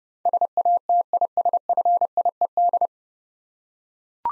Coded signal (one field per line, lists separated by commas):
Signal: Morse code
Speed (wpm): 30 wpm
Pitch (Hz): 700 Hz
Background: none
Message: SATISFIED